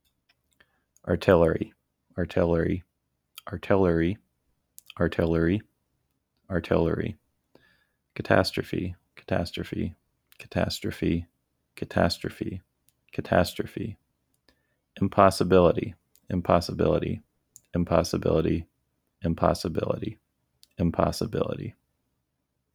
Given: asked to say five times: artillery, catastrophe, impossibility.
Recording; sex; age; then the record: three words, each repeated; male; 30 to 39 years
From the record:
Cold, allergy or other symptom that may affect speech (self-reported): no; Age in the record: 33 years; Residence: Kentucky, United States